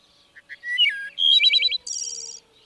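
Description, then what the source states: Wood Thrush song phrase: two quiet introductory notes, a falling flute-like whistle, a stuttering liquid run, and a high ringing trill to finish. Sings two notes at once using both sides of its voice box, combining them in the song's final trill.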